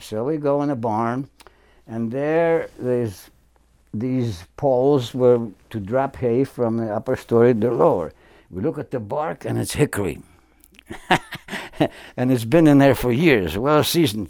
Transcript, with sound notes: So we go in the barn and there there's these poles where—to drop hay from the upper story to the lower. We look at the bark and it's hickory. [Chuckles] And it's been in there for years, well seasoned.